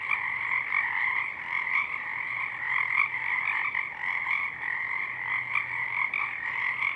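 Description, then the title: Many Pacific chorus frogs calling at once, an unbroken buzzy, croaking chorus, with a faint low drone in the background. Many frogs in full chorus at dusk; downmixed to stereo from a double mid-side recording, with a parabolic track also made. "Pacific Chorus Frogs (Pseudacris regilla), dusk"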